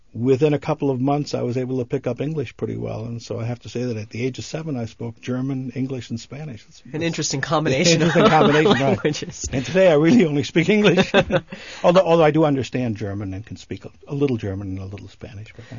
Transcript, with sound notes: within a couple of months I was able to pick up English pretty well, so I have to say that at the age of seven I spoke German, English and Spanish.
An interesting combination. ( they laugh )
An interesting combination, right. And today I really only speak English, although I do understand German and can speak a little German and a little Spanish.